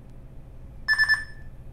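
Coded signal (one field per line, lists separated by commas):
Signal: none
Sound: a metal detector's reset beeps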